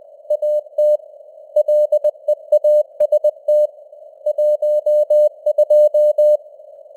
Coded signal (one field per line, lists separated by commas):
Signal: Morse code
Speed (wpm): 20 wpm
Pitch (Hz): 600 Hz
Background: none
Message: AT LEAST 12